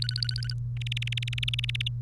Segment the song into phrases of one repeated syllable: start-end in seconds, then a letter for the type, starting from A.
0.02-0.53 A, 0.77-1.88 B